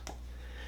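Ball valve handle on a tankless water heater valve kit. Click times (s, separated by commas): 0.1 s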